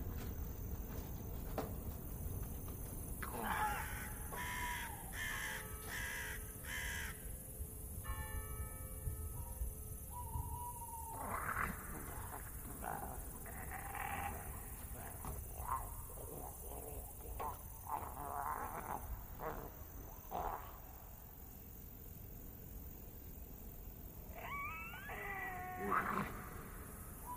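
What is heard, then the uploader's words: Eerie village ambience: a low steady rumble under scattered animal calls and creaks, with rising wails around 4, 11 and 25 seconds. Lost in the dark village Asmr ambience.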